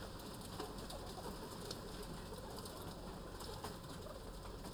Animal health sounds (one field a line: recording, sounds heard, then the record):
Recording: poultry house recording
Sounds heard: healthy chickens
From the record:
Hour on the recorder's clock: 13